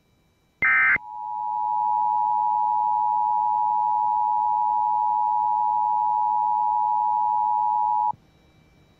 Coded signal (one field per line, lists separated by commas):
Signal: Emergency Alert System (SAME) tones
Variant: 853 and 960 Hz attention tone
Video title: (9/11/21 and 9/14/21) Practice Demo & Civil Authority Alerts (EAS 279-281)